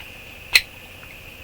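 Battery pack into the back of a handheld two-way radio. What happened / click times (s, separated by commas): The battery pack clicked into place / 0.6 s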